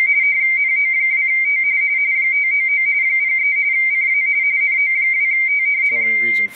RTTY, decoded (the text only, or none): NO2T 599 03 CA NO2T